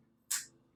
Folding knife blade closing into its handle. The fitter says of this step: over here it's it's a nice uh it's pretty nice he's you know it's a little click